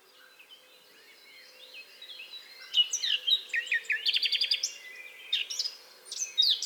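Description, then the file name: Eurasian blackcap song: faint quiet twittering that swells into a fast, busy warble of varied scratchy and whistled notes over a steady low background hiss. "Sylvia atricapilla"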